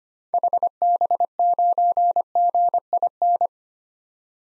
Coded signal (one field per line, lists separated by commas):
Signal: Morse code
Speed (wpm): 25 wpm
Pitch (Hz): 700 Hz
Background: none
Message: HB9GIN